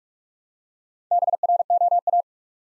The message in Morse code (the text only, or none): BROA